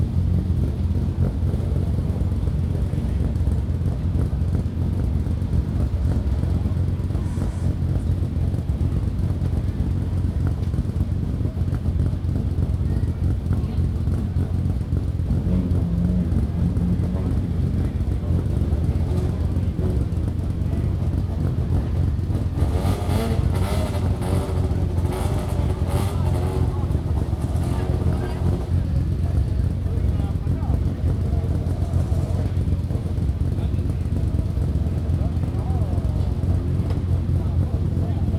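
Cars starting and idling in a small square produce a steady low engine rumble, with voices and brighter clatter rising around 23–28 seconds.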